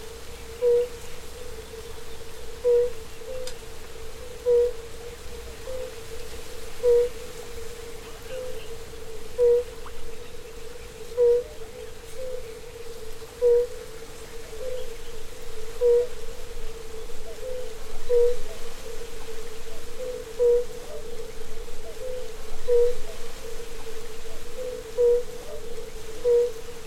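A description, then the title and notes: An evening recording at a pond. A soft, mid-pitched hooting call repeats at a steady pace, roughly every two seconds, over a continuous low hum of many similar calls. A faint hiss and rumble sit underneath throughout. Recorded in the evening at Niezgoda Pond in Milicz Ponds Nature Reserve.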